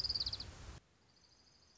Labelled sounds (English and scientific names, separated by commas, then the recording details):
Orange-crowned Warbler (Leiothlypis celata)
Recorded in Sonoma County, California